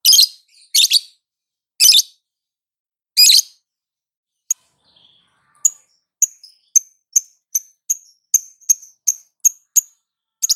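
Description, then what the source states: Lovebird calls: a few harsh, broad screeches, then a run of thin, piercing chirps. Female lovebird.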